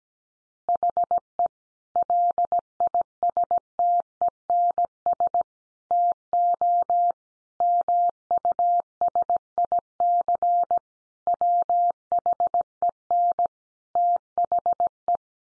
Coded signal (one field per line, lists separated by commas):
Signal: Morse code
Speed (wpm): 17 wpm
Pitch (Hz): 700 Hz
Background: none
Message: HE LISTENS TO MUSIC WHEN THE